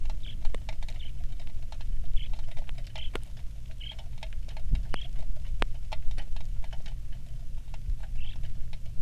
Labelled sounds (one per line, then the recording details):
songbird
rain
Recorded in the Prudhoe Bay oil fields, Alaska, on 27 July 2019 at 18:06
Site 19